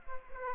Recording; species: mosquito wingbeat signal from an infrared sensor; Aedes aegypti